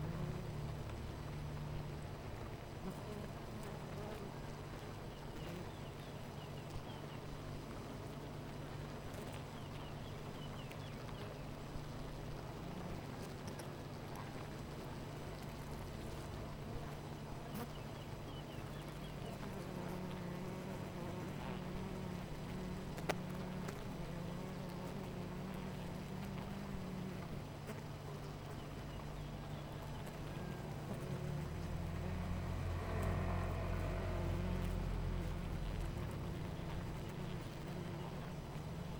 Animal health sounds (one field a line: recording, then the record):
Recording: honeybee colony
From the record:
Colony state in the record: missing queen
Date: 14 July 2017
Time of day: 9:57